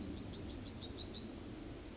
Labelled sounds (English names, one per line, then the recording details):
Yellowhammer song
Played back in forest
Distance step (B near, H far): D
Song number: 129